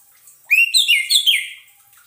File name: suara pancingan burung anis merah agar tidak stress